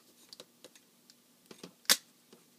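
A plastic robot toy's legs are pulled down into the hip joint during transformation, with a series of light plastic ticks and rattles leading up to it. The leg joint clicks into place with a sharp, loud snap at 1.9 s, confirming it is seated.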